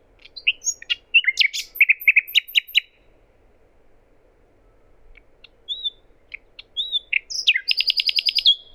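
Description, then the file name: Common nightingale song: a fast burst of varied chirps and whistles, a pause with scattered soft notes, then a rapid repeated high trill. "Luscinia megarhynchos"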